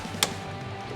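A retaining clip on a van door panel is closed after its hook has been attached. A single sharp snap is heard at 0.2 s over a steady background hum, and the clip shuts into place.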